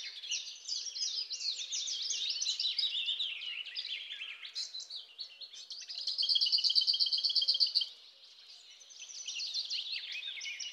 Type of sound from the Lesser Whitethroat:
song